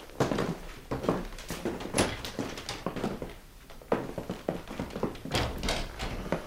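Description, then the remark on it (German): A series of knocks on a wooden door, dull thuds repeated in uneven clusters over several seconds, fairly loud with brief pauses between groups and no voices. “Hier, diese Tür.”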